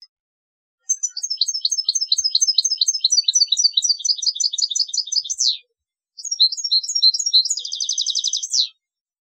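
European goldfinch song: rapid, tinkling high twittering phrases with varied notes, a short pause, then another run ending in a fast buzzy trill.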